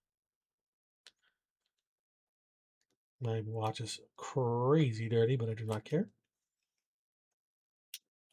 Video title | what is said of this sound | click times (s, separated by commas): Unboxing and testing the BandRain Stretchy Braided Nylon Strap for the Samsung Galaxy Watch Ultra | Boom, clicked right in. | 7.9 s